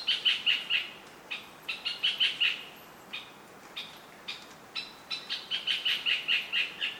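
Fantail chattering: bursts of rapid high squeaky notes, separated by brief pauses, repeated throughout over a soft hiss.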